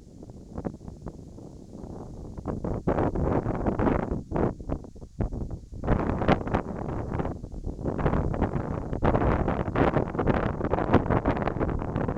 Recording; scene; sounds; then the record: everyday scene through a hearing-aid microphone; wind on the microphone; wind, whistling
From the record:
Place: in front of a rural house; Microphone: in the ear canal, right